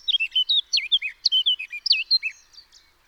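Eurasian blackcap with a brisk, varied warbling phrase of clear whistled notes that fades toward the end.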